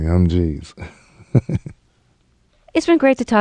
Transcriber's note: soundbite of laughter